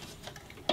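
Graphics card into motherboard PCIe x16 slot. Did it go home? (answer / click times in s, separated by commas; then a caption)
no / none. An Nvidia GTX 750 Ti graphics card, replacing a Radeon 6950, is handled over a motherboard's PCIe x16 slot, producing faint, quiet rustling and soft ticks, then a louder, brief handling noise near 0.7 s. Nothing has seated or clicked yet; the card is not home in the slot and the retention latch has not engaged.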